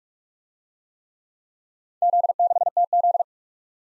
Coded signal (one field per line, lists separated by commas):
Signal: Morse code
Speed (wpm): 36 wpm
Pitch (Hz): 700 Hz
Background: none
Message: Z6TZ